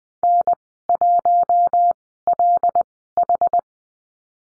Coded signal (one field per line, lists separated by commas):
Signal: Morse code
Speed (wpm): 20 wpm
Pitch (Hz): 700 Hz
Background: none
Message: N1LH